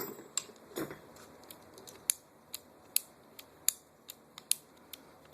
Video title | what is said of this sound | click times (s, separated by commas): How To Change Hammer -WE M4 | Make sure that clicks into place. | 2.1 s, 3.0 s, 3.7 s, 4.5 s